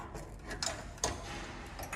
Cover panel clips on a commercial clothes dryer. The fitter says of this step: Klik sampai klik. Kiri kanan. Ya. 2 kali.